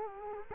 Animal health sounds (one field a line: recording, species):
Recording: mosquito wingbeat signal from an infrared sensor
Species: Culex quinquefasciatus